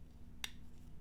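A small handle screw is turned backwards with a driver in the frame of a Vosteed Ankylo folding knife until the thread start drops into place, to avoid cross-threading before driving it in. A single short, sharp click sounds at 0.4 s over a low steady hum. The screw thread has seated.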